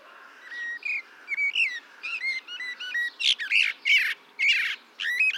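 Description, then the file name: Common blackbird singing fluty whistled notes mixed with squeaky, twittering high notes, with short phrases following each other quickly. "Turdus merula"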